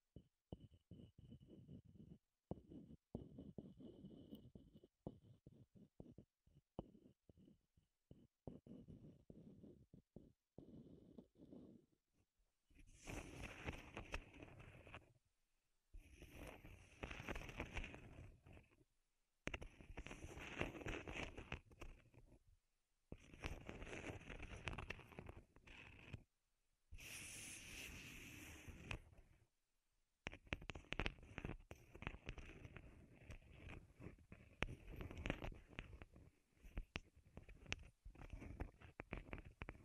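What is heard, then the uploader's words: Wooden triggers handled and tapped. For the first dozen seconds the sounds are soft, dull and low, a dense run of small knocks with brief pauses, then they turn louder and crisper, coming in scratchy bursts of a few seconds separated by short silences. ASMR Wood Triggers in Your Ears (No Talking).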